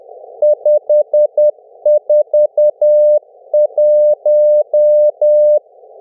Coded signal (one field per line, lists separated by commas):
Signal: Morse code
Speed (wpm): 10 wpm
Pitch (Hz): 600 Hz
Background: none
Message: 541